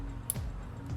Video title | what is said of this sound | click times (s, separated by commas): 99-04 Mustang GT 4.6L. Spark Plug Change. How It’s Done!!! | you'll hear it Click | 0.3 s